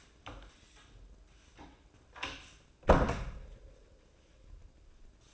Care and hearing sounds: daily activity, microphone in the room; close door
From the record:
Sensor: 2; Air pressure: 1012.2 hPa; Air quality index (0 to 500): 156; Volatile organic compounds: 2 ppm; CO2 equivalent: 1146 ppm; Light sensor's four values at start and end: 407/1021/415/436 and 390/978/398/418

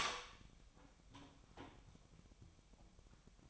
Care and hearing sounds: daily activity, microphone in the room; open door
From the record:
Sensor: 1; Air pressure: 1007.2 hPa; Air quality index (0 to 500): 201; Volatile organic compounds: 21 ppm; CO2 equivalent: 2711 ppm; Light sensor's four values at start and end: 13/32/13/15 and 13/34/13/15

